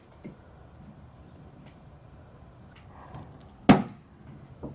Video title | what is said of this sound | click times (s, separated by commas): 2016 F250 Tailgate Ford Emblem/Camera Housing Paint DIY | and she snapped back in | 3.7 s